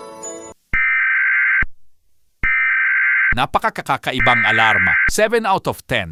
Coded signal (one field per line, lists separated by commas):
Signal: Emergency Alert System (SAME) tones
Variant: header bursts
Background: speech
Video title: Rating EAS Alarms From Different Countries